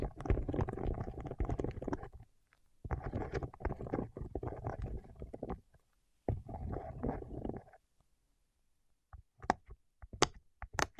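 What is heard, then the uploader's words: Wax on fingertips makes dense, squishy crackling in three long bursts, each a couple of seconds long with brief quiet gaps between. After a longer pause near the end come a few sharp, separate sticky clicks and pops. ASMR with Wax Fingertips for Sleep (No Talking).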